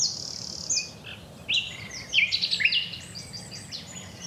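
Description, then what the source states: Common Nightingale song: sharp whistled notes swooping up and down, then quick varied phrases in a burst, over a faint low hum. Nightingale singing at the crack of dawn on a secret common and woodland in Dorset; Britain's most famous songster, increasingly scarce.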